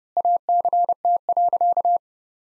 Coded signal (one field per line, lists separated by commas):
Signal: Morse code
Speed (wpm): 32 wpm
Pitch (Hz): 700 Hz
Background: none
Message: ACT.